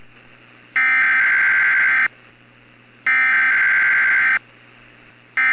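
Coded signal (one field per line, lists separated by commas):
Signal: Emergency Alert System (SAME) tones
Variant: header bursts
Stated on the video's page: Fictional, hypothetical EAS scenario tones for an imagined derecho striking the Gulf Coast.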